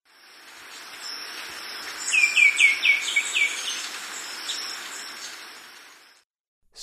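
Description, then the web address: White-winged becard call: a series of about six clear, downslurred whistled notes delivered quickly, with a continuous high insect buzz in the background. Recorded in Ecuador. "Birds of Ecuador. White-winged Becard"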